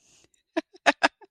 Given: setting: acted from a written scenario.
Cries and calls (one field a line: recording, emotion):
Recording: vocal sound without words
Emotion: pride